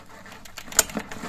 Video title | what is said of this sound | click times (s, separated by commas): Lot 2022: Ressel, Test recycleurs Kiss Sidewinder et M3S Triton | il fait clic et a est appuies sur le sur le voilà tu appuies là | 0.8 s